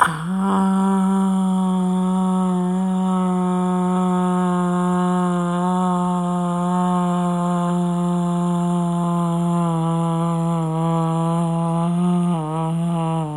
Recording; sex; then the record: sustained vowel /a/; female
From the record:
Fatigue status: no fatigue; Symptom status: symptomatic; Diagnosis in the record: COVID-19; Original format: m4a